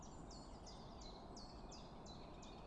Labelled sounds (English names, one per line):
Common Chiffchaff